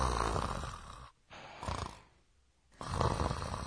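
An adult snoring in deep, sound sleep, with loud low-pitched snores separated by quieter pauses.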